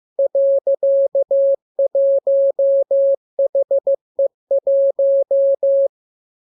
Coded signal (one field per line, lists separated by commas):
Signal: Morse code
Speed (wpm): 15 wpm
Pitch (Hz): 550 Hz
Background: none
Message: .1HE1